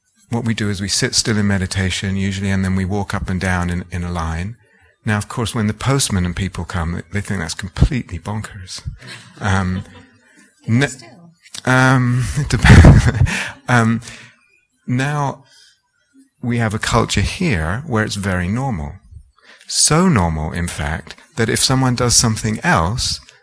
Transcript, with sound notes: what we do is we sit still in meditation, usually, and then we walk up and down in a line. Now, of course, when the postman and people come, they think that's completely bonkers. [laughter] Now, we have a culture here where it's very normal -- so normal, in fact, that if someone does something else